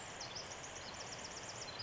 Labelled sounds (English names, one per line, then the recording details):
Pacific Wren
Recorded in Sonoma County, California